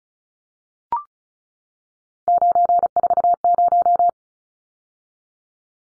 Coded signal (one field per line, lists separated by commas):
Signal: Morse code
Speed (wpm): 34 wpm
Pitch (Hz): 700 Hz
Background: none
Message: 940